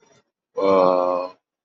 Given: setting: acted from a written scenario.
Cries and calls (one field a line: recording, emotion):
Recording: vocal sound without words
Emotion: awe